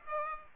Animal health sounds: mosquito wingbeat signal from an infrared sensor; Aedes aegypti

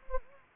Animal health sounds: mosquito wingbeat signal from an infrared sensor; Anopheles gambiae

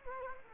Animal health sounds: mosquito wingbeat signal from an infrared sensor; Culex quinquefasciatus

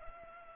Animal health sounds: mosquito wingbeat signal from an infrared sensor; Culex pipiens

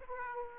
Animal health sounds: mosquito wingbeat signal from an infrared sensor; Aedes aegypti

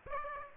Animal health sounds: mosquito wingbeat signal from an infrared sensor; Aedes aegypti

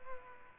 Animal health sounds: mosquito wingbeat signal from an infrared sensor; Aedes aegypti

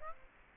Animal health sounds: mosquito wingbeat signal from an infrared sensor; Aedes aegypti

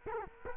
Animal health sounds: mosquito wingbeat signal from an infrared sensor; Culex quinquefasciatus

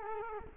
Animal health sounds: mosquito wingbeat signal from an infrared sensor; Culex quinquefasciatus

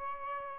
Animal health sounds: mosquito wingbeat signal from an infrared sensor; Aedes albopictus

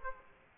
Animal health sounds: mosquito wingbeat signal from an infrared sensor; Aedes aegypti

